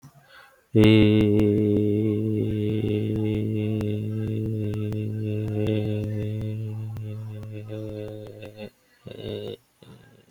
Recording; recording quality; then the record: sustained vowel as in made; excellent, no background noise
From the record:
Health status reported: healthy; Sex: male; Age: 39 years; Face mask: not worn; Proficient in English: yes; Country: India